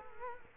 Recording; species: mosquito wingbeat signal from an infrared sensor; Culex quinquefasciatus